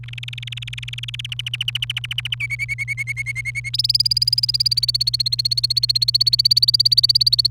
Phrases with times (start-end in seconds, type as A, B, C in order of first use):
0.03-1.26 A, 1.32-2.35 B, 2.40-3.69 C, 3.74-7.51 D